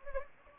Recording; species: mosquito wingbeat signal from an infrared sensor; Anopheles gambiae